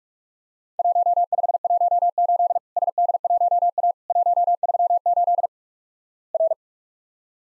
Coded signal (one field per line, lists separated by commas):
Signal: Morse code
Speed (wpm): 48 wpm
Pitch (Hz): 700 Hz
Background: none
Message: 1518 SD1A 138 R